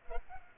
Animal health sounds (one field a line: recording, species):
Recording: mosquito wingbeat signal from an infrared sensor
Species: Culex pipiens